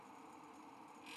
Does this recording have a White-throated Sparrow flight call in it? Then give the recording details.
no. No flight call is heard. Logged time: 11:36 on 5 December 2014